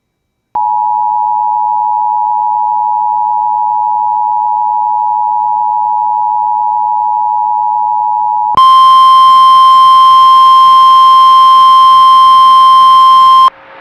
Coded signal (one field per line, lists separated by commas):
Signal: Emergency Alert System (SAME) tones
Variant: 853 and 960 Hz attention tone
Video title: Severe Thunderstorm Warning EAS#160